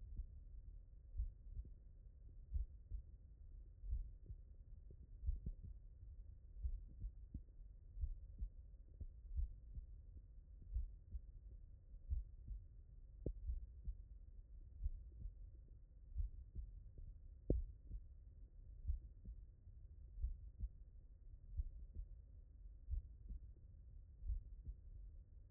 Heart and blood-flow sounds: heart sounds by stethoscope; mitral valve (MV)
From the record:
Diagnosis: non-HFrEF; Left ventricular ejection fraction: 64%

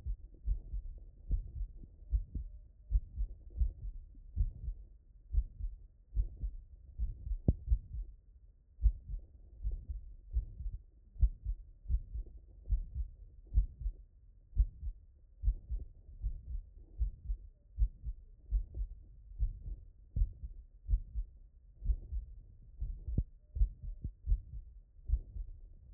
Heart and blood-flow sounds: heart sounds by stethoscope; mitral valve (MV)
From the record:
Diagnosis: non-HFrEF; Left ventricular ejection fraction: 48%

